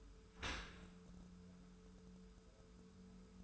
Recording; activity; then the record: daily activity, microphone in the room; open dishwasher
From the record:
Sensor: 2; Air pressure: 1014.8 hPa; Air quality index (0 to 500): 24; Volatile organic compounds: 0 ppm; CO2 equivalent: 497 ppm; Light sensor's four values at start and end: 10/23/9/10 and 10/23/9/10